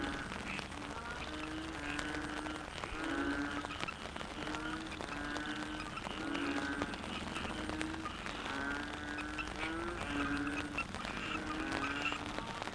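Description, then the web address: Frogs croaking in a busy chorus, short resonant notes repeated rhythmically with layered higher buzzy calls throughout. Frogs in the Cherating wetlands, Malaysia. "yamaha frogs cherating wetlands. malaysia"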